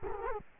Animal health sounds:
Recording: mosquito wingbeat signal from an infrared sensor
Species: Culex quinquefasciatus

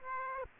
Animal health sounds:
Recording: mosquito wingbeat signal from an infrared sensor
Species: Aedes aegypti

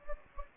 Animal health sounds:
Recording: mosquito wingbeat signal from an infrared sensor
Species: Anopheles gambiae

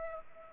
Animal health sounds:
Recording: mosquito wingbeat signal from an infrared sensor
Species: Culex pipiens

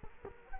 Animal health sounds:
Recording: mosquito wingbeat signal from an infrared sensor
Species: Culex quinquefasciatus

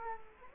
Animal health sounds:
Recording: mosquito wingbeat signal from an infrared sensor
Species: Culex quinquefasciatus

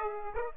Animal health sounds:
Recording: mosquito wingbeat signal from an infrared sensor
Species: Aedes aegypti

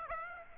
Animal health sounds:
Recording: mosquito wingbeat signal from an infrared sensor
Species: Aedes aegypti

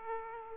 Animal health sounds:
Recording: mosquito wingbeat signal from an infrared sensor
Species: Aedes aegypti

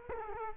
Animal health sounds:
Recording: mosquito wingbeat signal from an infrared sensor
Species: Culex quinquefasciatus

